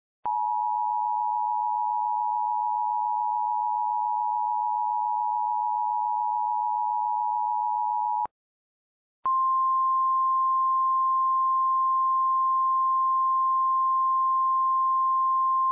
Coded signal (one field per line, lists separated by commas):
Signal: Emergency Alert System (SAME) tones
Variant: 853 and 960 Hz attention tone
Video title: EAS - Vermont Severe Thunderstorm Warning (6/11/15)